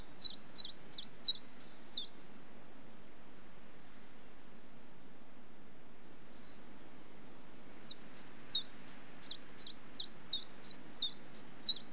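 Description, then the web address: Chiffchaff song: a bright run of high, alternating chiff-chaff notes, a pause of several seconds, then a longer second run. In Britain, on a slightly windy day. "Complete 60 CDs Collection Sound Effects Library. Chiffchaff"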